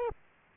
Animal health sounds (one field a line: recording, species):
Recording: mosquito wingbeat signal from an infrared sensor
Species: Aedes aegypti